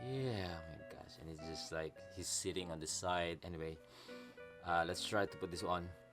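A detachable plastic arm is handled as it is about to be fitted into the shoulder or elbow joint of a 1/6 scale Hot Toys Anakin Skywalker (Star Wars: Attack of the Clones) action figure. Someone talks throughout over background music. Nothing has seated or clicked yet.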